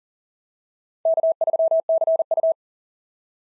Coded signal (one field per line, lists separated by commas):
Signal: Morse code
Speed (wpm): 39 wpm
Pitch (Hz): 660 Hz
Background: none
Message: K3CU